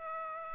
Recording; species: mosquito wingbeat signal from an infrared sensor; Aedes aegypti